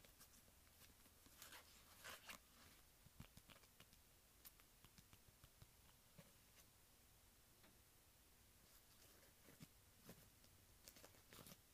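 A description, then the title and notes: A leather wallet is handled, giving short crisp clicks and soft rustles over a steady low hiss. The sounds come in loose clusters, busiest near the start, around two to four seconds, and again toward the end, with a quieter stretch in the middle. ASMR Leather Wallet Sounds.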